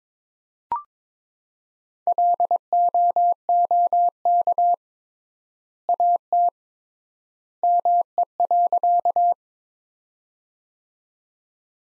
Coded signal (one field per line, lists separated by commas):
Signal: Morse code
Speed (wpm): 22 wpm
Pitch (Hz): 700 Hz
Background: none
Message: LOOK AT ME.